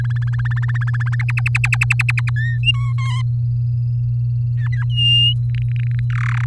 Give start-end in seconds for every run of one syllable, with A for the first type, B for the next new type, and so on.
0.00-0.59 A, 0.62-1.15 B, 1.19-2.30 C, 2.36-2.58 D, 2.63-2.92 E, 2.98-3.22 F, 4.57-4.84 G, 4.90-5.33 H, 5.50-6.00 I, 6.10-6.45 J